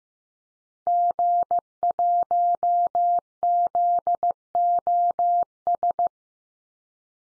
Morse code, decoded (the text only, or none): G1ZOS